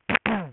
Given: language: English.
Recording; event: throat vibration sensor signal played as sound; throat clearing